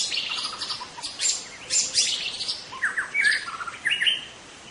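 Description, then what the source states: White-rumped shama song: bursts of harsh, buzzy chatter mixed with short whistled phrases, in quick irregular runs with brief pauses. In forest.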